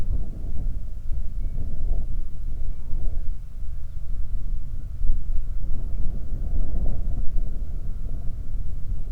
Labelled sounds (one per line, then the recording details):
wind
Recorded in the Prudhoe Bay oil fields, Alaska, on 31 July 2019 at 07:31
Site 24